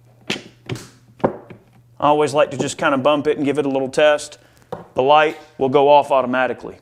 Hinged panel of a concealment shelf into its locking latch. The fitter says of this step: pull the keys off push the Shelf up until it clicks